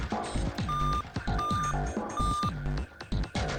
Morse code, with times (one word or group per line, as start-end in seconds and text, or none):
none